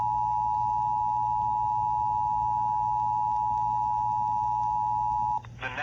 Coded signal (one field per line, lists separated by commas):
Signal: Emergency Alert System (SAME) tones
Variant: 853 and 960 Hz attention tone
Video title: Flash Flood Warning (EAS 212)